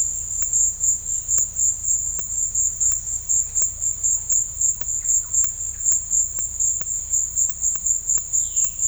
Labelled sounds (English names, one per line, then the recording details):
none
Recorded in secondary vegetation near Puerto Asís, Putumayo, Colombia, on 21 December 2024 at 13:30
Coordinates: 0.498, -76.327
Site GP07